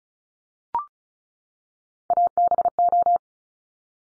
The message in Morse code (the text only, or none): ABO